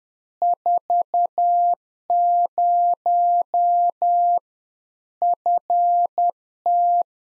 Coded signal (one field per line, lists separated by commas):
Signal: Morse code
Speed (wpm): 10 wpm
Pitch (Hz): 700 Hz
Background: none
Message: 40 FT